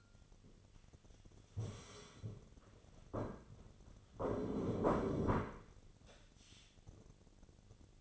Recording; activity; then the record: daily activity, microphone in the room; stand up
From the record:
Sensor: 4